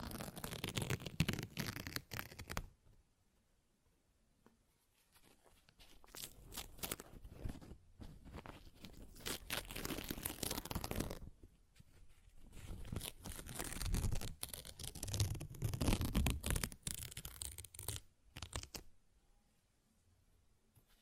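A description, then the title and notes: Paper is ripped and torn in rough, crackling bursts, each lasting a few seconds, with quiet gaps near 3–5, 11–12 and 18–19 seconds. The tearing is dense and scratchy, with quick sharp snaps layered over a low rustle that rises and falls. ASMR Paper Ripping Tearing Sounds (No Talking).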